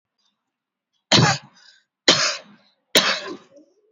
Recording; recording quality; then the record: heavy voluntary cough; excellent, no background noise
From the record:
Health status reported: COVID-19 positive, moderate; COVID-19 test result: positive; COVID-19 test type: RT-PCR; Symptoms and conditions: sore throat, muscle pain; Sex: female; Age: 34 years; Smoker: no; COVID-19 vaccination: one dose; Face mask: worn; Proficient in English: yes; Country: India